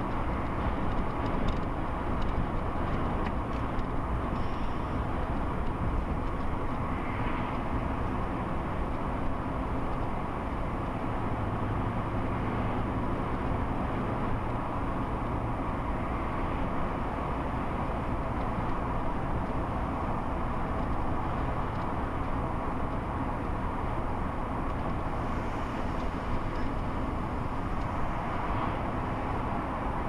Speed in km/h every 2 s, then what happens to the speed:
63, 60, 56, 56, 58, 60, 63, 61, 61, 60, 60, 58, 56, 55, 58.
0-3 slows to 56. 3-30 steady at about 58.